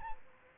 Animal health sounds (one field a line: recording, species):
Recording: mosquito wingbeat signal from an infrared sensor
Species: Aedes albopictus